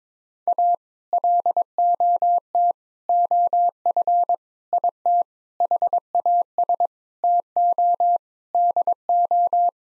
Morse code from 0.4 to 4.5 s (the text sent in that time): A LOT OF